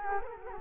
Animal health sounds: mosquito wingbeat signal from an infrared sensor; Culex quinquefasciatus

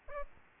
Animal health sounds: mosquito wingbeat signal from an infrared sensor; Aedes albopictus

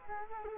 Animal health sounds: mosquito wingbeat signal from an infrared sensor; Culex quinquefasciatus

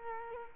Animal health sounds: mosquito wingbeat signal from an infrared sensor; Culex quinquefasciatus

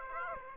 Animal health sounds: mosquito wingbeat signal from an infrared sensor; Aedes aegypti

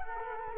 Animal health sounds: mosquito wingbeat signal from an infrared sensor; Culex quinquefasciatus

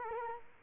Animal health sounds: mosquito wingbeat signal from an infrared sensor; Culex quinquefasciatus

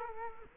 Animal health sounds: mosquito wingbeat signal from an infrared sensor; Culex quinquefasciatus

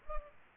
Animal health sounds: mosquito wingbeat signal from an infrared sensor; Culex pipiens

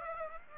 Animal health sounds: mosquito wingbeat signal from an infrared sensor; Aedes aegypti

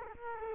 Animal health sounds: mosquito wingbeat signal from an infrared sensor; Culex quinquefasciatus

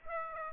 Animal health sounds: mosquito wingbeat signal from an infrared sensor; Aedes aegypti

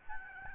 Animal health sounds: mosquito wingbeat signal from an infrared sensor; Aedes albopictus

